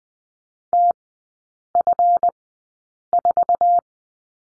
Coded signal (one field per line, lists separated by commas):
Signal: Morse code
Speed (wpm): 20 wpm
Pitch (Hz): 700 Hz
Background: none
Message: TF4